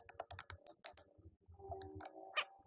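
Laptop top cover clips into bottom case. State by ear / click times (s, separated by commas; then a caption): seated / 0.1 s, 0.3 s, 0.4 s, 0.9 s, 2.0 s, 2.1 s. The reassembled plastic top cover of an Asus D553SA laptop is squeezed and pushed down at each corner so its snap clips lock back into the bottom case. Sharp plastic clicks sound at 0.1, 0.3, 0.4, 0.9, 2.0 and 2.1 seconds. The cover clips are seated.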